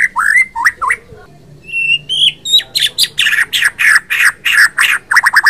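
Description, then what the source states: White-rumped shama song opening with rich whistled slurs, then a quick series of sharp, repeated chattering notes at a fast, uneven pace. Captive white-rumped shama (murai batu) provoked into singing by a masteran training recording.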